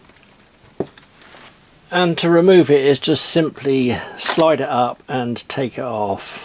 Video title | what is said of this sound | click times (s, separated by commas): INSKAM 112 HD 4.3" DISPLAY ENDOSCOPE/BORESCOPE REVIEW | put the rectangle part on there and slide it down until it clicks into place like that | 0.8 s